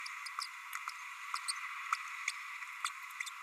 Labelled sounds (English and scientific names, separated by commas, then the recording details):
Green-rumped Parrotlet (Forpus passerinus) babbling
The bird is a male
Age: 30 days
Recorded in a nest box in Venezuela
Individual 17B32A6